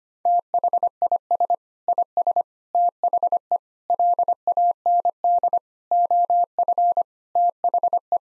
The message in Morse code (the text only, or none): THIS IS THE LAND OF THE